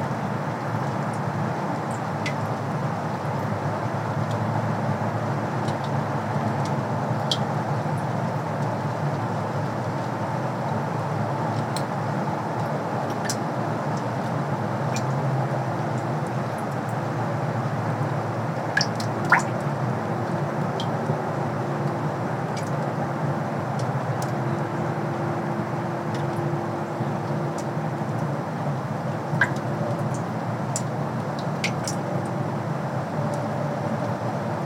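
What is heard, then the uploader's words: Melting snow drips from a bridge, scattered bright ticks and taps landing every second or two, with a few sharper drops near 19 and 30 seconds. Beneath them runs a steady low rumble of traffic that holds the same level throughout. Hidden Winter Sound Bath (Wahlfield Park Bridge). Day-old snow melts off of a bridge on the Wahfield Park trail, creating a delicate, echoing Michigan winter sound bath.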